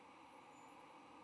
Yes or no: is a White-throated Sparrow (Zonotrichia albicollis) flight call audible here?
no